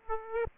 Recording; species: mosquito wingbeat signal from an infrared sensor; Aedes aegypti